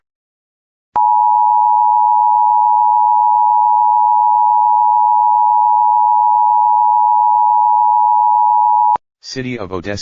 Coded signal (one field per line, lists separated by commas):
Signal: Emergency Alert System (SAME) tones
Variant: 853 and 960 Hz attention tone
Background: speech